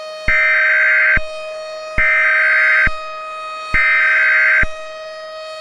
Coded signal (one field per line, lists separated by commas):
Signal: Emergency Alert System (SAME) tones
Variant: header bursts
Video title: EAS Scenario - Houston Tornado